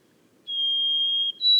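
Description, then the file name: White-throated sparrow song opening: a clear, level sustained whistle lasting most of a second, then a jump to a higher note as it cuts off. Boreal forest of Haute-Côte-Nord, 29 May 2018. "bruant a gorge blanche foret boreale de la haute cote nord"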